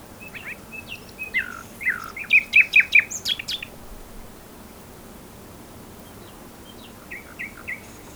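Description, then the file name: Common nightingale singing: scattered chirps build into a loud burst of rapid repeated clicking notes, then a pause and a few soft chirps. "Luscinia megarhynchos"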